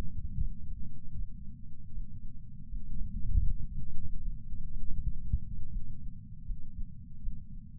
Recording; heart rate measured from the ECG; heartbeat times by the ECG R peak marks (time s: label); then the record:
heart sounds by patch sensor on the chest; 79 bpm
0.38 s: heartbeat
1.14 s: heartbeat
1.91 s: heartbeat
2.67 s: heartbeat
3.44 s: heartbeat
4.18 s: heartbeat
4.94 s: heartbeat
5.69 s: heartbeat
6.44 s: heartbeat
7.20 s: heartbeat
From the record:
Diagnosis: coronary artery disease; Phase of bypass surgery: intraoperative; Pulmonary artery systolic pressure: 27 mmHg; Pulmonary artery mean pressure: 22 mmHg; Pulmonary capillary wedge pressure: 12 mmHg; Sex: male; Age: 49 years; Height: 175 cm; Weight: 80 kg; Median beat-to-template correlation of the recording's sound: 0.80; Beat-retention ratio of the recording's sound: 1.00